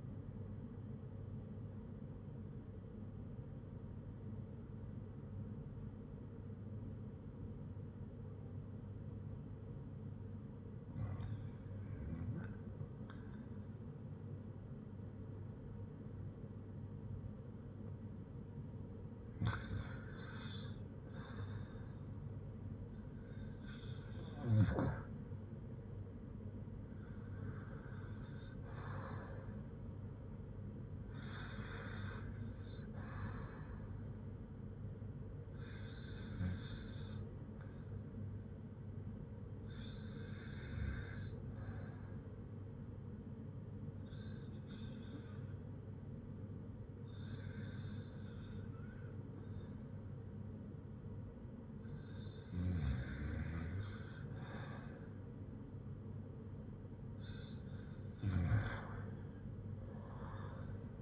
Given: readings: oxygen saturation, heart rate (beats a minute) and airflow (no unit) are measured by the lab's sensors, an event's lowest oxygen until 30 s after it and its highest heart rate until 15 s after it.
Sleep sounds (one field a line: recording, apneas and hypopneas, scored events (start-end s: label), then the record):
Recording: breathing in sleep by a smartphone at the bedside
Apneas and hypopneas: 1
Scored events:
36.00-54.00 s: hypopnea (REM, oxygen 96% highest, then 87% lowest, heart rate 57 at the start, 71 highest)
From the record:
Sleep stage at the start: REM sleep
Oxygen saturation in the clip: 87 to 97%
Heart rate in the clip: 57 to 70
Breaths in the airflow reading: 11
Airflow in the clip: -6.2 to 7.5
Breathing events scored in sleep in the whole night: 182 in 7.4 hours asleep